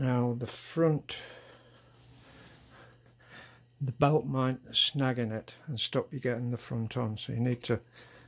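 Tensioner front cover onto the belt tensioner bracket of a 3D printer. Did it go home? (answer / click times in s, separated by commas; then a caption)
no / none. Someone talks while fitting the plastic front cover onto the belt tensioner bracket of a Vyper X 3D printer, pushing it on while the belt is kept clear so it does not snag. Faint handling noises come at about 3.2 s and 3.7 s. Nothing has seated or clicked yet.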